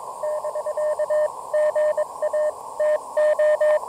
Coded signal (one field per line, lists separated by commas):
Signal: Morse code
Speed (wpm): 21 wpm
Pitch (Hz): 590 Hz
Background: radio noise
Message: <BK> GA TO